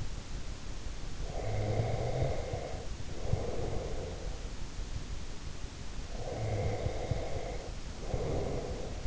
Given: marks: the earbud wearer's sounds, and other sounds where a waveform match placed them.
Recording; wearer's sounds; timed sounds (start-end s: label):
sounds in sleep by an in-ear microphone; breath
1.21-4.46 s: breath
6.11-9.07 s: breath